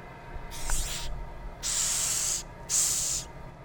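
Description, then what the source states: Madagascar hissing cockroach, three sharp hissing bursts of high-pitched airy noise, with some low rumbling underneath. Hiss made when the cockroach feels threatened; one specimen just over 2 inches long, long antennae, dark brown with reddish stripes, shown by a graduate student.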